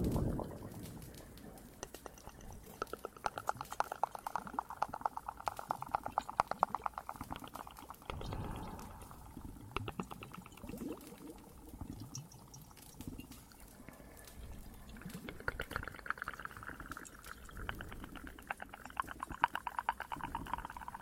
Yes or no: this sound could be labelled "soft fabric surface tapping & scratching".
no